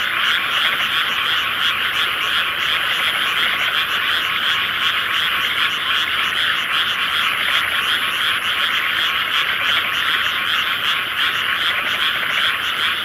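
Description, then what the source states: Many frogs calling together, dense pulsed croaking repeated quickly and steadily, forming a continuous bright chorus. Various frogs, a soundscape.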